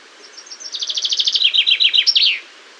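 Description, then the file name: Common chaffinch sings one cheerful phrase, starting with a few thin notes, rattling down a stepped trill and closing on an emphatic flourish. "Fringilla coelebs"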